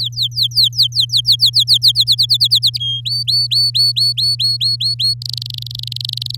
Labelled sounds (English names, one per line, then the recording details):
Domestic Canary song
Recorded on 8 May 2018 at 06:26
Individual llb16